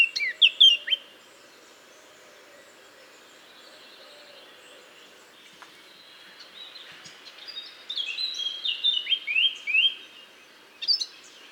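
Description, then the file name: Eurasian blackcap song, a brief loud warble at the start, then a long quiet pause with faint background noise before more rich fluty phrases follow later. "Sylvia atricapilla"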